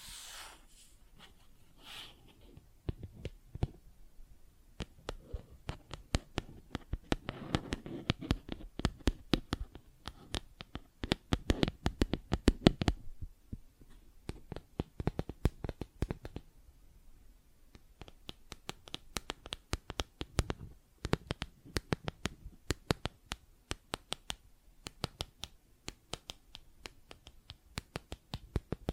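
Plastic objects tapping and scratching, with sharp clicks coming in quick, uneven bursts throughout. The taps cluster densely around the middle and again in the later half, with brief quieter gaps between runs and a soft scraping texture underneath some passages.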